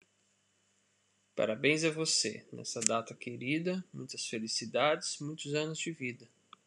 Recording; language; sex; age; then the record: short text; Brazilian Portuguese; male; 30 to 39 years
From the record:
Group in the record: control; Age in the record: 31 years